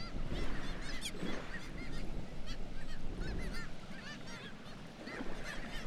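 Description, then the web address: Black-legged kittiwakes calling busily, rapid overlapping nasal arched notes from many birds, loud and continuous over a low rumble. "Black legged kittiwake. دانلود-صدای-پرنده-کاکایی-پاسیاه"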